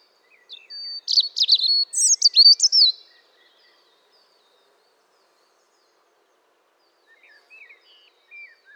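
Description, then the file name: European robin sings one high, jumbled phrase of quick whistled notes lasting about two seconds, then quiet with a few faint notes. "Erithacus rubecula"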